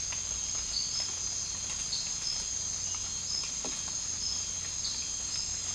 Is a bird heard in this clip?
no